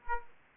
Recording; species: mosquito wingbeat signal from an infrared sensor; Aedes aegypti